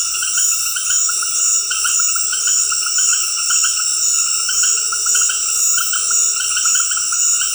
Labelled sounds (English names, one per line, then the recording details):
none
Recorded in dense forest near Puerto Asís, Putumayo, Colombia, on 20 February 2024 at 20:00
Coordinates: 0.484, -76.317
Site G6464